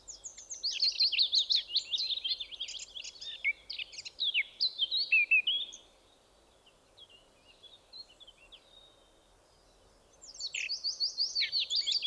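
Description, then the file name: Eurasian blackcap singing a long, hurried warble of high chattering and fluty notes, a pause of about four seconds, then another warbled phrase starting. "Sylvia atricapilla"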